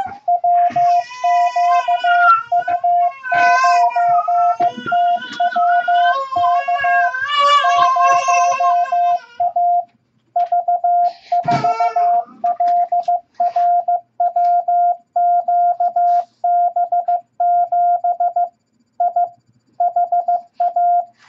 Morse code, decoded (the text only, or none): WQU9TWK 0A V4LRWQB7 I HA